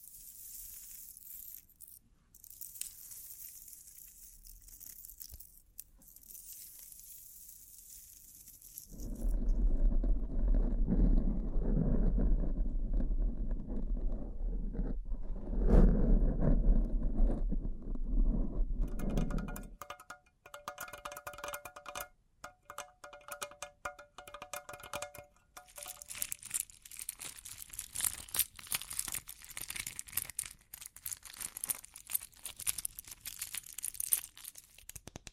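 Bling triggers: bright crinkling, then a loud low rubbing rumble, then ringing chime-like tones around twenty seconds, ending in sparkly scratchy taps.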